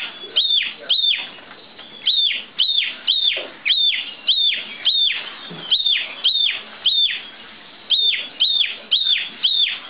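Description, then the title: Oriental magpie-robin song of rapid repeated piercing whistles, each sliding down into a rasp, coming about twice a second in uneven runs. "Kicau Kacer"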